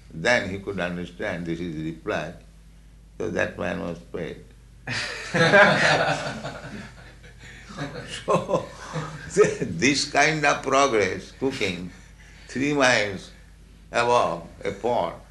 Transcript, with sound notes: Then he could understand this is the reply, so that man was paid. [laughter] So this kind of progress, cooking, three miles above, a pot,